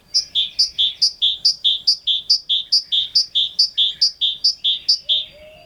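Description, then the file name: Great tit giving a steady run of two-note phrases, a high note dropping to a lower one, repeated rapidly and evenly. "Parus major"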